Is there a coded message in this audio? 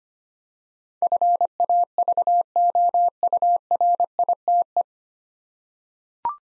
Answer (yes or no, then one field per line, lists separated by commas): yes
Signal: Morse code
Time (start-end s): 1.0-4.8 s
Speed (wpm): 25 wpm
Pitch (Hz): 700 Hz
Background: none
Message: FAVOURITE